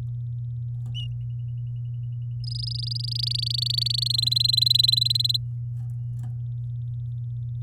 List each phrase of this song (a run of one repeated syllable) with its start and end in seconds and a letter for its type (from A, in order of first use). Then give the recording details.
2.44-4.08 A, 4.10-5.37 B. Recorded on 10 May 2018 at 11:39. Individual llb16